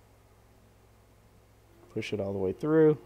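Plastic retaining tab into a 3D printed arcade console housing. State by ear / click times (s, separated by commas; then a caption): not seated / none. A 3D-printed plastic retaining tab is lined up back in its slot in a 3D-printed arcade console housing, ready to be pushed through. About two seconds of quiet room tone give way to someone talking near the end. Nothing has seated or clicked yet.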